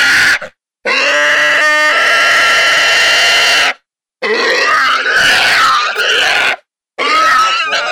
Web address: pigs Wild Hog Distress